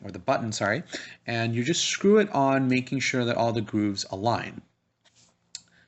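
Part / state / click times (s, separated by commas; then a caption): contra-angle attachment onto dental low-speed handpiece motor / seated / 5.5 s. A low-speed contra-angle attachment is screwed onto a dental low-speed handpiece motor with its grooves aligned while someone talks. After the speech stops, a single sharp metallic click comes at 5.6 s as the attachment seats and the low-speed assembly is complete.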